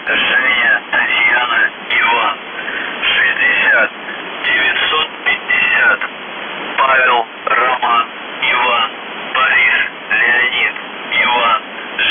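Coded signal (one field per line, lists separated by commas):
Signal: numbers station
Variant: UVB-76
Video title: The Buzzer/UVB-76(4625Khz) September 2, 2021 07:51UTC Voice message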